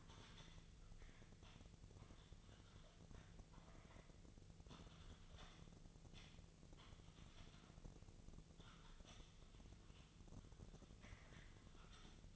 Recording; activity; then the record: daily activity, microphone in the room; typing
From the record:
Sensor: 4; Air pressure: 1001.0 hPa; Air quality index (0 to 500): 141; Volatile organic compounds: 2 ppm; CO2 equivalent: 1041 ppm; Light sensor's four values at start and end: 26/62/26/27 and 26/62/26/27